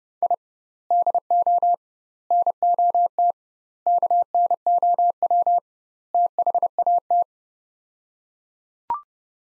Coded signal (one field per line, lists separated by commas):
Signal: Morse code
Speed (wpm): 30 wpm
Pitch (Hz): 700 Hz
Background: none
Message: I DO NOT KNOW THAT